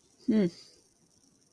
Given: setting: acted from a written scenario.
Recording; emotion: vocal sound without words; neutral